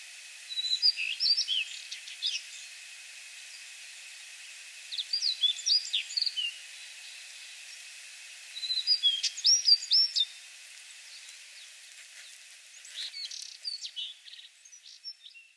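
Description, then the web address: Daurian redstart calls, short bursts of high thin chirps and whistled notes in four clusters over about fifteen seconds, with a steady faint high hum behind. Recorded on 10 April 2022 at Shiga Kogen. "koe jobitaki 220410 shigakogen nuka"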